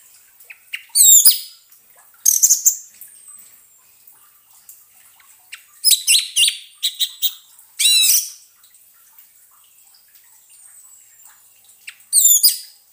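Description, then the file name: Orange-headed thrush song, short bursts of whistled and trilled phrases spaced irregularly with long quiet gaps. Therapy sound to get an orange-headed thrush that has stopped singing to sing again. "terapi suara anis merah macet bunyi"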